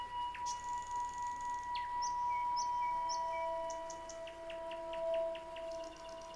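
Bird calling, short high whistles and a series of quick sharp chirps over steady tonal background sounds.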